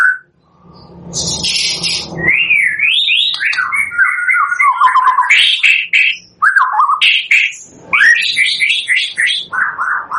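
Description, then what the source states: White-rumped shama song: loud varied phrases of looping whistles, harsh high rasping bursts and quick trilled notes, almost continuous and energetic. Used as a lure for bird trapping (pikat); energetic, vigorously singing (gacor) bird.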